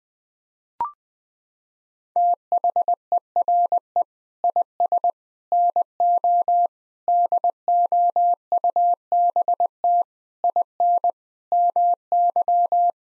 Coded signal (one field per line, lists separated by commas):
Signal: Morse code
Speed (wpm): 20 wpm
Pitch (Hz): 700 Hz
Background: none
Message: THERE IS NO DOUBT IN MY